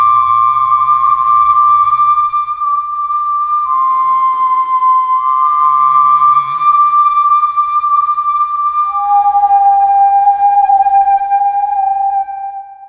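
Processed whistles hold long, pure tones that shift in steps: one pitch sits steady, dips briefly around four seconds, returns, then slides lower near nine seconds. Faint higher echoes ring above, a soft low warble flickers early on, and the sound fades at the end.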